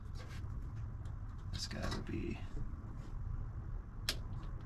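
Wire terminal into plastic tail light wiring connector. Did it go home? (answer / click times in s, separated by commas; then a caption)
yes / 4.1 s. Someone talks while a crimped wire terminal is pushed into its slot in a plastic tail light wiring harness connector on a 1969 Dodge Charger. A sharp click sounds at 4.1 s as the terminal seats, its barb holding it in the connector.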